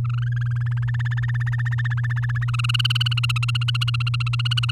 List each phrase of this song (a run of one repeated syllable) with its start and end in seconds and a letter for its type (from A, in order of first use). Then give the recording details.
0.04-0.84 A, 0.88-2.44 B, 2.48-4.71 C. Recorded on 9 May 2018 at 05:59. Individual llb16